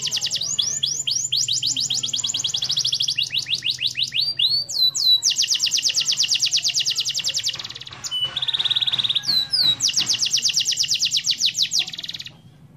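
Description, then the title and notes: Canary song of extended rapid trills and sweeping whistles, a short buzzy rattle midway, then more fast trilled tours. Canary master song, used to train other birds. "Suara Burung Kenari Masteran. master suara burung kenari mantap"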